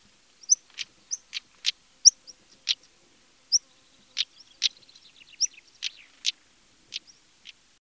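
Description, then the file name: European stonechat giving sharp ticking clicks mixed with thin high whistles and a brief scratchy twitter, repeated irregularly throughout. "Tarier patre"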